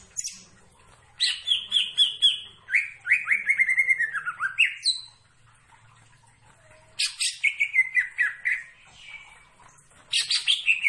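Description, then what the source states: Greater green leafbird delivering phrases of fast, descending whistles and chattery notes, with pauses between bursts. Singing actively; described as "gacor".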